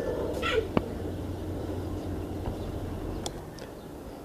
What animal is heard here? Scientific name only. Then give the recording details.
Acinonyx jubatus. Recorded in captivity. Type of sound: call. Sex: female. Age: adult. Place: Zoo Leipzig, Sachsen, DE. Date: 1969-01-14 15:10. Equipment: Uher 4200 Report Stereo, Sennheiser MD 421. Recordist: Tembrock, Günter. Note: Weibchen, liegend: Laute bei Annäherung bzw. Pföteln des Männchens gegen Kopf. Abstand 8 m